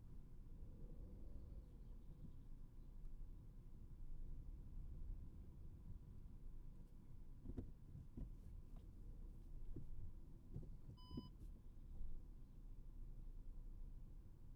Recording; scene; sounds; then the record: everyday scene through a hearing-aid microphone; in a vehicle; engine, rumble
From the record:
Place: Skoda Fabia, gasoline engine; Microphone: behind the ear, right, front